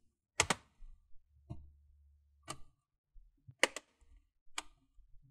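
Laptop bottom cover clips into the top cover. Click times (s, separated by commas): 0.4 s, 3.6 s, 4.6 s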